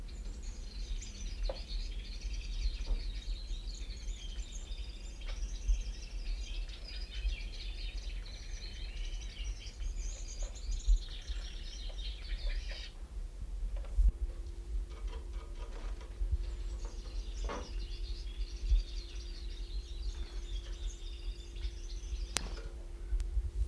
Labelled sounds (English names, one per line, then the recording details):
Gouldian Finch call
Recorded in captivity
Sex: male
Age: adult
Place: Zoo Hannover, Niedersachsen, DE
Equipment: Halbspur 19 cm
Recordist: Lütgens, Hans
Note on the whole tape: Rufe